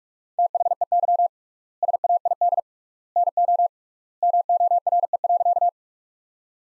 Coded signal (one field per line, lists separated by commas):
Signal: Morse code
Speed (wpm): 42 wpm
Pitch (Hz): 700 Hz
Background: none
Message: THEY SAID NO MORE.